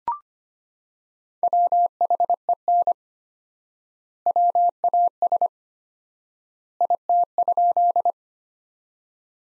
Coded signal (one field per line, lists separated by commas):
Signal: Morse code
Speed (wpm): 25 wpm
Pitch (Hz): 700 Hz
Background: none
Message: WHEN WAS IT?